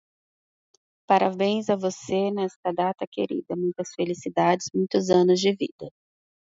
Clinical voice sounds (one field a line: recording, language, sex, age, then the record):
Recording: short text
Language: Brazilian Portuguese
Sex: female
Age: 30 to 39 years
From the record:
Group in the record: control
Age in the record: 34 years